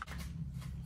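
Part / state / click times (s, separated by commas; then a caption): crimped cable lug into a high-current power connector housing / not seated / none. A crimped metal lug on a cable is being handled and pushed toward a plastic Anderson-type high-current power plug housing, where an internal spring latch is meant to catch it. Soft rustling and shuffling handling noise is heard, with a brief sharp tick right at the start. Nothing has seated or clicked yet.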